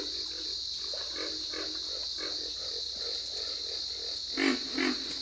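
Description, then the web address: Pig frog call, a run of soft low grunts in quick succession with two louder grunts near the end, over a constant high-pitched chorus. "Dan Gibson's Solitudes Frog Song. Pig Frog"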